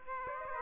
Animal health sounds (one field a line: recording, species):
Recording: mosquito wingbeat signal from an infrared sensor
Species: Aedes aegypti